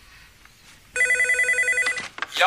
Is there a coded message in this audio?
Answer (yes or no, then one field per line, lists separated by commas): no